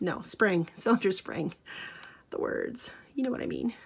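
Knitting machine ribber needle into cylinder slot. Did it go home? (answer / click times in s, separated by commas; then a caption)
no / none. A metal ribber needle on a sock knitting machine is being handled, about to be parked upside down by poking it into its slot on the cylinder. Someone talks throughout, with some faint handling noise. Nothing has seated or clicked yet.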